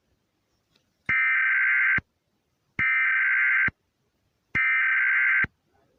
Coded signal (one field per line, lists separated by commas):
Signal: Emergency Alert System (SAME) tones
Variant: header bursts